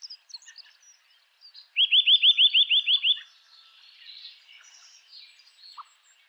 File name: Sitta europaea